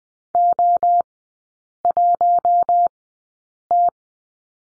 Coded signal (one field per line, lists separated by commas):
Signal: Morse code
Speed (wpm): 20 wpm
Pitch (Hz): 700 Hz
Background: none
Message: O1T